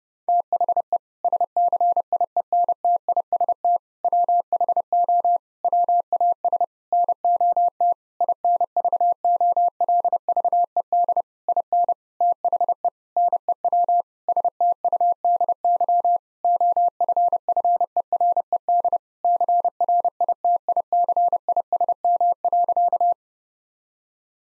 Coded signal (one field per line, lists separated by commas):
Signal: Morse code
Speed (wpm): 32 wpm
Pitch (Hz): 700 Hz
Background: none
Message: THE SCIENTIST WHO WAS NOT INVOLVED IN THE NEW STUDY OFFERED CRITICISM.